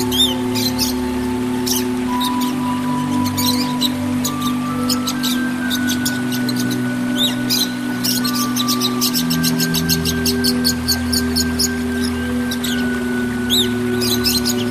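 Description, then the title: Oriental magpie-robin delivering dense strings of squeaky, buzzy high notes over continuous low humming and several held mechanical tones. "Kicau Kacer"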